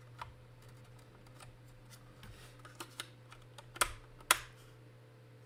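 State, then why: Seated. A plastic model part is lined up on a slot in the model assembly and pushed until it pops into place. A few light taps and clicks come first, then a sharp click at 3.8 s, and the part snaps into the slot with the loudest click at 4.3 s.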